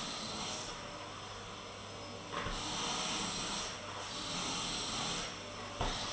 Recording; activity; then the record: daily activity, microphone in the room; vacuum cleaning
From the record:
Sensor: 4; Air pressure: 996.0 hPa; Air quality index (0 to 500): 47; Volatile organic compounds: 1 ppm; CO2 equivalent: 751 ppm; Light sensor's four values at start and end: 18/47/18/19 and 18/46/18/19